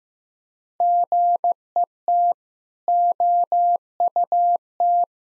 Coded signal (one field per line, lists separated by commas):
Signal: Morse code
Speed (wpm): 15 wpm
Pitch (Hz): 700 Hz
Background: none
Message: GET OUT